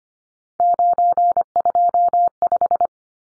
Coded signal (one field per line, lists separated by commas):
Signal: Morse code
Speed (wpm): 25 wpm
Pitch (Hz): 700 Hz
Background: none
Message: 925